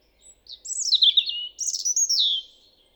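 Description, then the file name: European robin: two warbling bursts of high, sliding notes, the second ending in a drawn-out descending whistle. "Erithacus rubecula"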